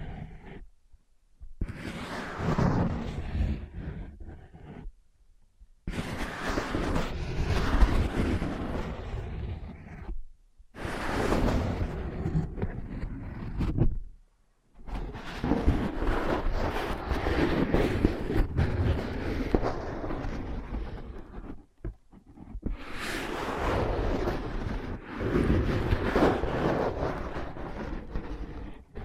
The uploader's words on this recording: ASMR Using Ear Pads as Your Ears Tapping, Scratching, Tracing (No Talking).